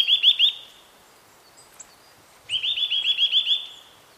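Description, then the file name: Eurasian nuthatch calling in fast runs of piping, upslurred notes: a short burst at the start, then a longer, steady series after a pause. "Sitta europaea"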